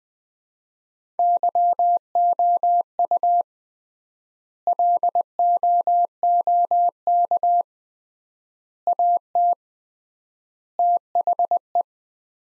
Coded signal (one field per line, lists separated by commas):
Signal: Morse code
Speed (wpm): 21 wpm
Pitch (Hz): 700 Hz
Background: none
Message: YOU LOOK AT THE